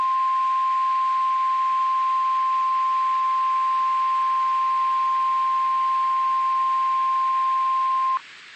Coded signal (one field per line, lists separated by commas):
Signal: Emergency Alert System (SAME) tones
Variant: 1050 Hz attention tone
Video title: Severe Thunderstorm Warning for Western Massachusetts (EAS #419)